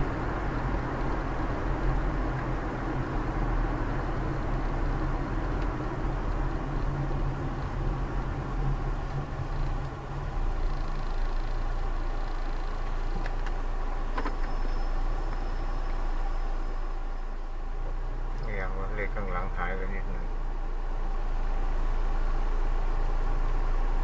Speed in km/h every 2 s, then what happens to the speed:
47, 43, 39, 33, 25, 17, 8, 0, 0, 0, 0, 0.
0-14 slows to 0. 14-24 standing.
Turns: none.